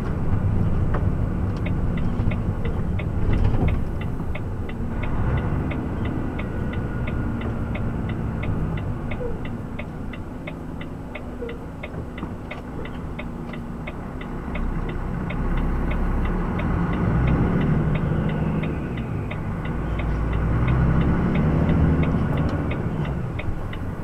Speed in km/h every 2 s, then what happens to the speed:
37, 29, 24, 22, 12, 1, 0, 3, 8, 7, 12, 13.
0-10 brakes to 1. 10-13 standing. 13-24 pulls away to 13.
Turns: none.